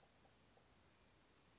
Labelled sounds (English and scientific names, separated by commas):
Western Flycatcher (Empidonax difficilis)